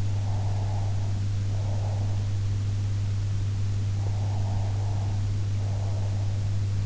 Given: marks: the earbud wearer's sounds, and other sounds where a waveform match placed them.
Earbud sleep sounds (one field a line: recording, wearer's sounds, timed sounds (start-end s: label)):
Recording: sounds in sleep by an in-ear microphone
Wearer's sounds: breath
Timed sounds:
0.00-2.57 s: breath
3.97-6.69 s: breath